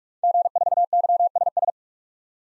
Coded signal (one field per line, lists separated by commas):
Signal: Morse code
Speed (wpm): 46 wpm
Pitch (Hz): 700 Hz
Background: none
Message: G4YSS